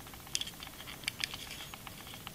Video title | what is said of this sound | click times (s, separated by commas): Master Grade Hi Nu Ver Ka Part 3: Expansion Set | And it just clicked. | 0.3 s